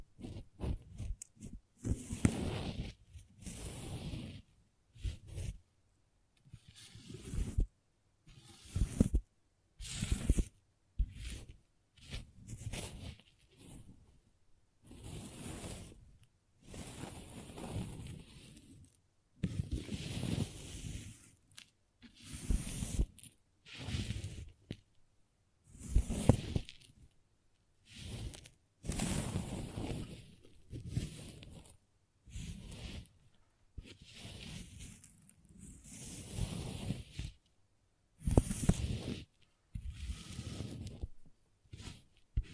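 Crayons scrape and scratch across a surface in short, rough strokes, each a burst of gritty noise a second or less long. The strokes come in irregular runs with brief silent gaps throughout, some harder and louder than others, with no other sounds behind them.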